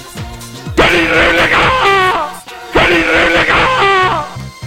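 The scream effect of the video game character Raiden plays twice in a row: a loud, drawn-out, wavering cry with a strained, shouting tone, separated by a brief gap, with no talking over it.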